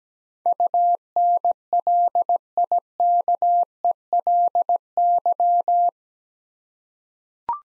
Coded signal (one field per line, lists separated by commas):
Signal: Morse code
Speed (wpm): 17 wpm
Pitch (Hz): 700 Hz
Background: none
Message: UNLIKELY